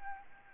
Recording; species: mosquito wingbeat signal from an infrared sensor; Aedes albopictus